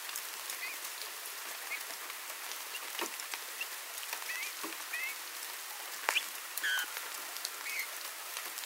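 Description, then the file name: Eurasian bullfinch with a few mellow whistled call notes, including a clearer pair near the end, over a continuous background of rain-like pattering. "Pyrrhula pyrrhula"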